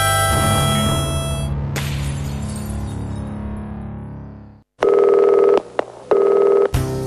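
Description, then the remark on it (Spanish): A ringing, crash-like tone swells and slowly fades, then after a brief silence come three steady electronic keypad dialing beeps of differing lengths, each a clear, loud dual tone separated by short gaps. “Si querés llamar por teléfono,”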